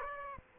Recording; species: mosquito wingbeat signal from an infrared sensor; Aedes aegypti